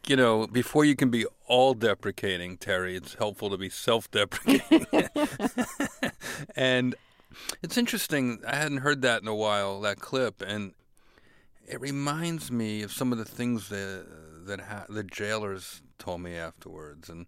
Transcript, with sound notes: I think, you know, before you can be all deprecating, Terry, it's helpful to be self-deprecating.
(LAUGHTER)
And it's interesting. I hadn't heard that in a while, that clip, and it reminds me of some of the things that the jailers told me afterwards.